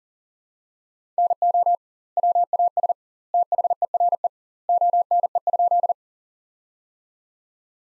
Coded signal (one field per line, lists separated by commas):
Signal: Morse code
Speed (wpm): 40 wpm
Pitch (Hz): 700 Hz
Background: none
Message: NO WAS THERE ONE?